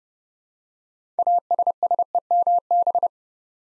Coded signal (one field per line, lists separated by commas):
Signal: Morse code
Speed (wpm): 30 wpm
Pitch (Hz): 700 Hz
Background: none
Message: ASSEMB